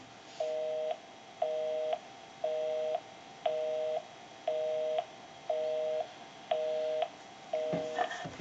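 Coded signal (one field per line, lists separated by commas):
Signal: telephone call progress tone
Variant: North America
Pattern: busy tone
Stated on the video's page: Heard on a Stromberg Carlson Fatboy rotary dial telephone during initial checkout after repair.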